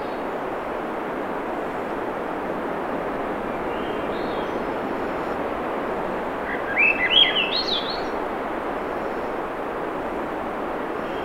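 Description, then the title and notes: Swainson's thrush: a faint note, then one upward-spiralling flutey song past the middle, surrounded by steady roaring surf. Singing June 7, 2017, 7:15 pm; low 50s, clear skies, between tides; Sun Dew Trail, Schoodic Peninsula, Acadia National Park, Winter Harbor, Maine; Fostex FR2, Sennheiser ME66 shotgun; high-pass filtered against surf noise. "Swainson's Thrush singing Wednesday June 7, 2017 7:15 pm temperature low 50s clear skies between the tides Sun Dew Trail where it intersects with trail to Ocean Beach Schoodic Pennisula Acadia National Park Winter Harbor, ME"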